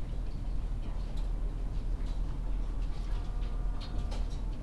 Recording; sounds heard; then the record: poultry house recording; sick chickens (respiratory disease)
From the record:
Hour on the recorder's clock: 20